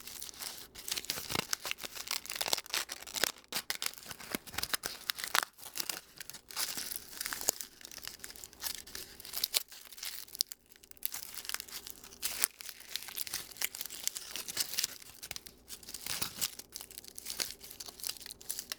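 Aluminum foil crinkles and crumples in a dense, bright crackling that never stops. Sharp louder crunches and brief tearing sounds burst out every second or two, with faint low hum and a few quieter pauses around the middle.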